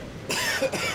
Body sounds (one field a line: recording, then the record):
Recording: coughing mixed with background sound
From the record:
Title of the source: Dry Afternoon Cough